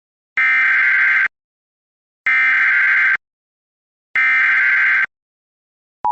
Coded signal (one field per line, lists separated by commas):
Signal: Emergency Alert System (SAME) tones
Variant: header bursts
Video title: EAS - RETURN OF CRAIG